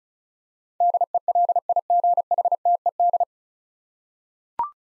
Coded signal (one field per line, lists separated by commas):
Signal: Morse code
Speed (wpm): 36 wpm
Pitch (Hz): 700 Hz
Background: none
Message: DELIGHTED